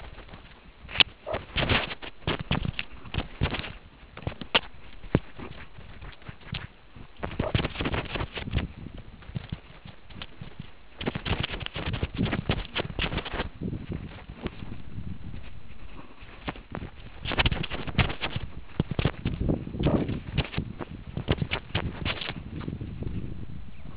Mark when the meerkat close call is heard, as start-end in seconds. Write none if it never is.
1.27-1.38, 7.40-7.52, 19.87-19.98